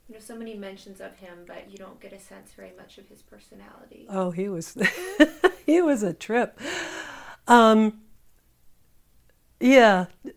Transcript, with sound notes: so many mentions of him, but you don't get a sense very much of his personality.
Oh, he was [laughter] —he was a trip! Yeah…